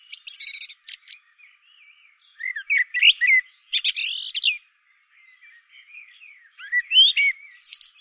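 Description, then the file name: Common blackbird song: repeated phrases of mellow fluted whistles followed by high squeaky trills, with soft quieter warbling between phrases. "Turdus merula"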